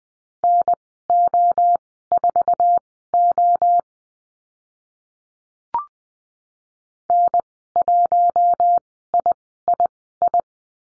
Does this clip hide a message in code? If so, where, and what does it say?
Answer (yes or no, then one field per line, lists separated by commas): yes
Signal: Morse code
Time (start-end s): 0.4-10.4 s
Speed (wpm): 20 wpm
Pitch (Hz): 700 Hz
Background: none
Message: NO4O N1III